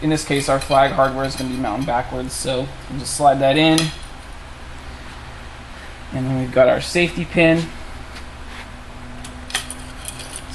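A metal safety pin is lined up and slid through a bike flag mount bracket, with the flag hardware mounted backwards, while someone talks. Only light metallic handling noises are heard, with small taps between about 9.5 and 10.4 seconds. The pin has not yet locked in place with its tab, and nothing has clicked.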